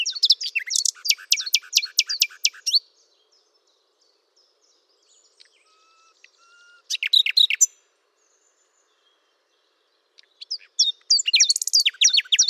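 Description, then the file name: Common nightingale singing fast repeated trilled phrases, a quiet stretch with soft whistles, then further loud rapid bursts. "Luscinia megarhynchos"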